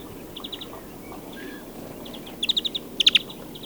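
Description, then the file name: European greenfinch calls: quick, dry chattering runs of short ticking notes, a soft series first, then two louder bursts near the end. "Chloris chloris"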